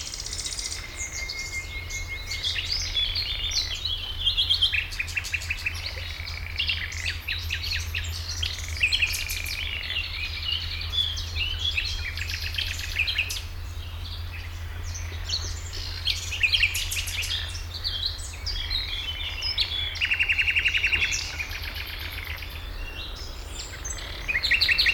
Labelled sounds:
Common Nightingale

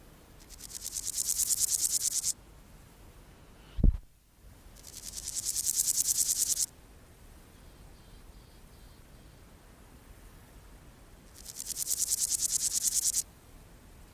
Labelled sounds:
Meadow Grasshopper

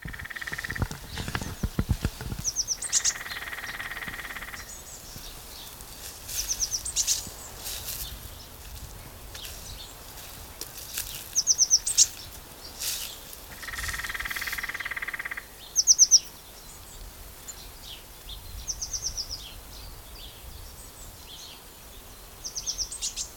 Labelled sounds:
Lesser Spotted Woodpecker drumming

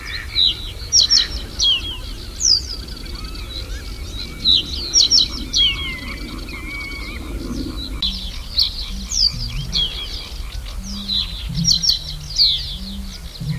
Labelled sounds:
Reed Bunting

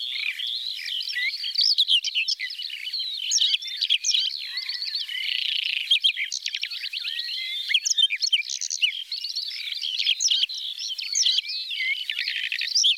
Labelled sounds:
Whinchat song

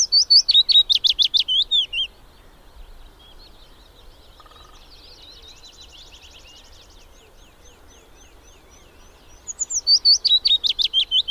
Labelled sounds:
Willow Warbler song

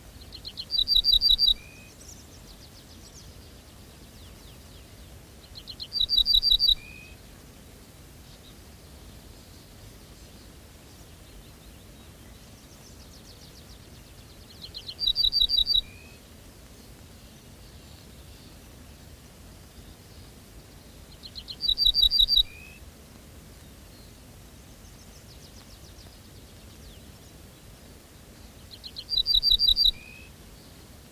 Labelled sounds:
Ortolan Bunting song

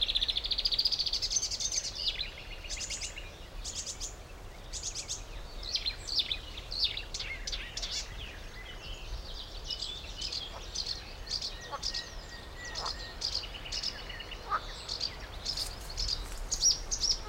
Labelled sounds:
Marsh Warbler

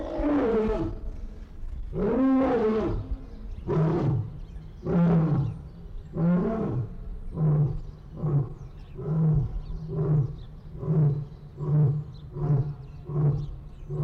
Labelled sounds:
Lion

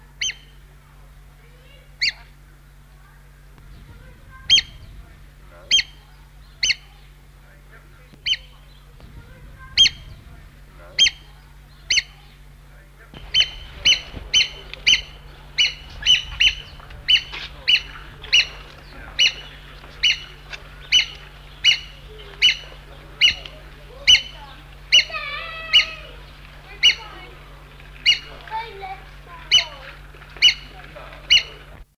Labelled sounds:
Crowned Hornbill call

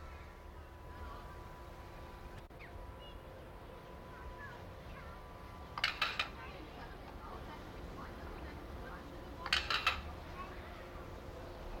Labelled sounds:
Yellow-faced Myna call

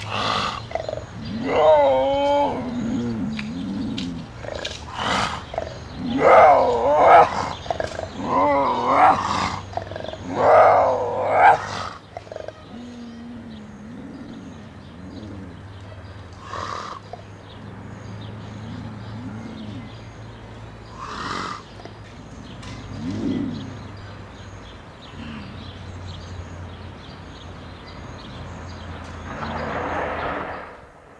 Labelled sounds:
Puma call

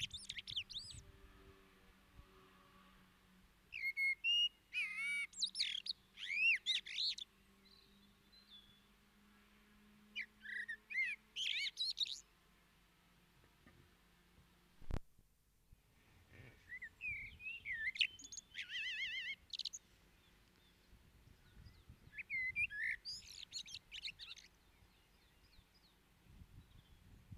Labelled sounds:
Common Blackbird song

